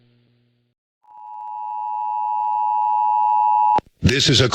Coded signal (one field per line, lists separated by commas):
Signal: Emergency Alert System (SAME) tones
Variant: 853 and 960 Hz attention tone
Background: speech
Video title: 4 tests with my bad editing skills lol 5/4/2021 - 5/7/2021 Required Monthly Tests (EAS #591 - 594)